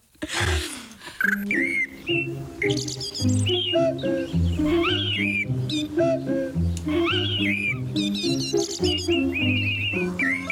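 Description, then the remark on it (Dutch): A bird chirps and tweets continuously for about ten seconds in quick, high-pitched whistled phrases and trills, over a steady bed of lower, stepping musical tones. “Ik zat te denken, het was ook wel leuk geweest als we nu een andere versie van deze vogel hadden gehad.”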